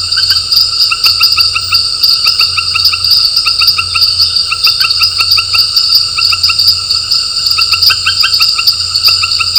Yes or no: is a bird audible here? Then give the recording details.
no. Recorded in dense forest near Puerto Asís, Putumayo, Colombia, on 9 March 2025 at 18:30. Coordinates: 0.468, -76.322. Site GP01